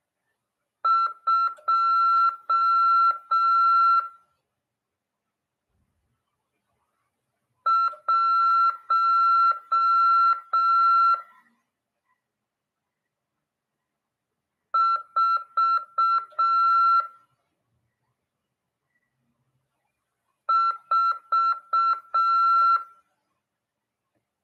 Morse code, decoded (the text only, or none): 2144